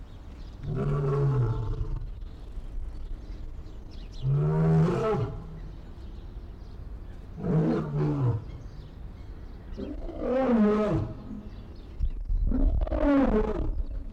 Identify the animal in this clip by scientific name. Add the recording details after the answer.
Panthera leo. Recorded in captivity. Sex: male. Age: adult. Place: Zoo Berlin, Berlin, DE. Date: 1995-02-04 10:45. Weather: bedeckt, 4°C, Wind. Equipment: Marantz CP 430, Sennheiser ME 80, Kopie Uher Variocord 263. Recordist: Tembrock, Günter